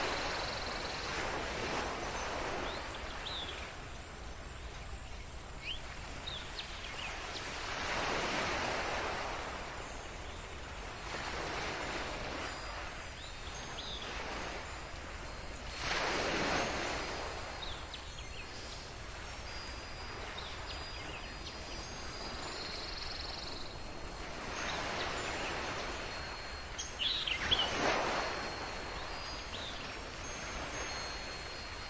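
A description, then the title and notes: A quiet night scene with soft waves washing in every few seconds, each swell rising and fading, strongest around 8, 16 and 28 seconds. Faint bright tinkles, like wind chimes or small bird calls, float above a steady low hush throughout. Come to the exclusive seaside cabin to enjoy the quiet night atmosphere with wind chimes, waves, birdsong and the sounds of nature.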